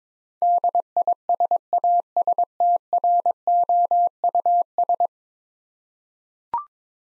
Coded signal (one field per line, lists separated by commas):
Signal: Morse code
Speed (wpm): 22 wpm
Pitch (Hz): 700 Hz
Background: none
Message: DISASTROUS